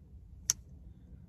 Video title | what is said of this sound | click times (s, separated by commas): Rough Ryder artisanwood series knife review. Canoe pattern and the moose pattern | it's a good snap | 0.5 s